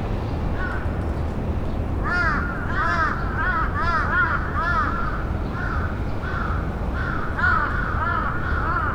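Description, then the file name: Raven calling in quick hoarse series, several harsh arched notes between two and five seconds and more near seven to eight, over continuous low rumbling noise. "rabe"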